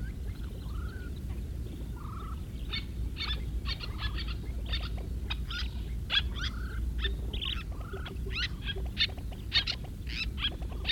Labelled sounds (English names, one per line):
Kentish Plover call